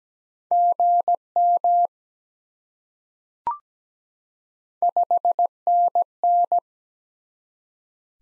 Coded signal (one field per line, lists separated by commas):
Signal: Morse code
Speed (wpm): 17 wpm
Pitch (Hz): 700 Hz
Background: none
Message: GM 5NN